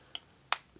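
The plastic memory card cover door on the body of an Olympus Camedia D150 Zoom camera is closed over the card slot right after the memory card is seated. Two sharp snaps are heard at 0.2 s and a louder one at 0.5 s, over a quiet background. The door snaps shut.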